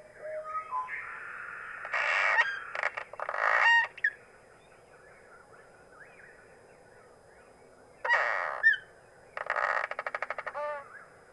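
Cliff swallow song: squeaky notes leading into harsh creaking, grating bursts, a pause, then more rasps and a rapid stuttering rattle near the end.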